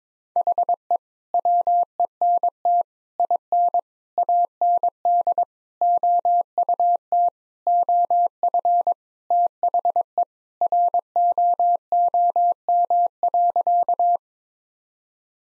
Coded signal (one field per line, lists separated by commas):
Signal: Morse code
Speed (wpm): 22 wpm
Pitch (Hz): 700 Hz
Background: none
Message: HE WENT IN AND OUT OF THE ROOM.